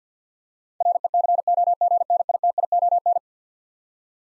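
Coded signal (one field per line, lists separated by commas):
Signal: Morse code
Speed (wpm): 50 wpm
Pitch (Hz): 700 Hz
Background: none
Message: RECOGNITION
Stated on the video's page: Morse code word drill of eleven-letter words at 50 wpm, each sent, then spoken, then sent again for head-copy practice.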